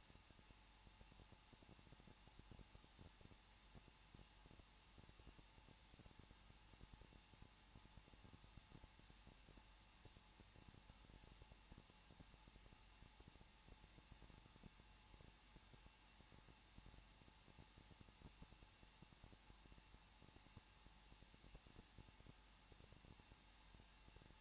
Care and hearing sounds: daily activity, microphone in the room; no activity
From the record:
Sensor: 1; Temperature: 20.1 degrees Celsius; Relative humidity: 39.2%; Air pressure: 1006.3 hPa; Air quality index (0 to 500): 217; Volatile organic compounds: 77 ppm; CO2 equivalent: 3582 ppm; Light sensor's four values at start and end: 1/2/1/1 and 1/2/1/1

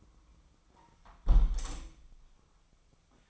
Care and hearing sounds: daily activity, microphone in the room; close window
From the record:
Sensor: 1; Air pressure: 1004.7 hPa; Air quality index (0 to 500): 102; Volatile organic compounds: 3 ppm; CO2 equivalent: 1399 ppm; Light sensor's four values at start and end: 8/20/8/8 and 8/20/8/8

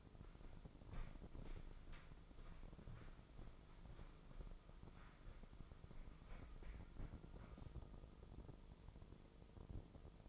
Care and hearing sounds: daily activity, microphone in the room; walk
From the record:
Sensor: 5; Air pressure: 996.1 hPa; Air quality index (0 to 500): 249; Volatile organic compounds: 543 ppm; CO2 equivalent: 4874 ppm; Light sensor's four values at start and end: 204/488/207/228 and 203/487/207/228

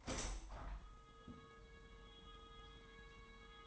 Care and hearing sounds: daily activity, microphone in the room; open window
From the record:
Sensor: 3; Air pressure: 999.8 hPa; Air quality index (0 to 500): 222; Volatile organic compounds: 86 ppm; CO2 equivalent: 3652 ppm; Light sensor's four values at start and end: 9/22/9/9 and 10/23/9/9

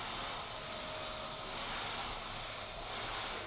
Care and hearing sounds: daily activity, microphone in the room; vacuum cleaning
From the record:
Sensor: 5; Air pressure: 1010.3 hPa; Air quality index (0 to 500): 120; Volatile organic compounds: 2 ppm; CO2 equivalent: 1180 ppm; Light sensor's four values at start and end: 490/1250/518/577 and 490/1250/518/577

